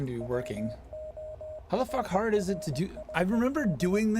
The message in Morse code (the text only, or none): WORRIED